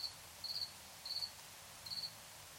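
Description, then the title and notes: Cricket chirps, four short pulsed bursts in under three seconds over steady hiss. Crickets at night in Tiny, Ontario. "Crickets and coyotes. Recorded in Tiny, Ontario by Anton Pickard"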